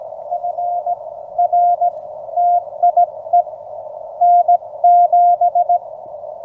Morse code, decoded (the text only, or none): FR TIE N7